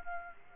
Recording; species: mosquito wingbeat signal from an infrared sensor; Aedes aegypti